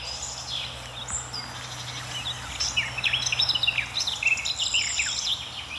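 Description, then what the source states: Garden warbler song, an unbroken warbling chatter of fast, varied notes staying within one pitch band. Song stays at a fairly constant pitch; singing at the edge of an anthill in a hollow with a hornbeam in the middle, in warm golden sunlight.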